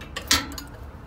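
The metal shifter lever of a gooseneck coupler lock on a truck hitch ball is pulled up into the unlocked position to disengage the coupler, giving sharp metallic clanks at 0.2 s and 0.3 s, with a softer tick near 0.6 s. The coupler is released.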